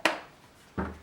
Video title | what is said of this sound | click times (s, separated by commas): HOTA D6 Battery Charger Screen replacement | clicks back in there | 0.1 s